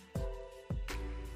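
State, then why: Not seated. A small plastic part of a model robot kit is handled and pressed toward its mounting socket on the kit while music plays, with brief handling knocks near 0.2, 0.7 and 0.9 seconds. Nothing has seated or clicked yet when the clip ends.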